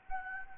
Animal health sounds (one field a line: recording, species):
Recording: mosquito wingbeat signal from an infrared sensor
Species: Anopheles gambiae